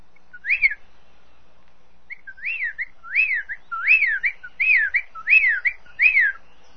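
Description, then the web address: Bird calling with arched, whistled notes that sweep up and down. A soft opening note and a pause lead into a steady series of six or seven repeated whistles. "ANIMALES PAJARO"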